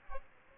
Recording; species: mosquito wingbeat signal from an infrared sensor; Aedes albopictus